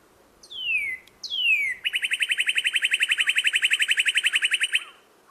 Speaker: Right? It's one of my favorite springtime calls. It's the Northern Cardinal. I always think that they sound a little bit like car alarms with that beep, beep, beep, beep, beep, beep. Wee, wee.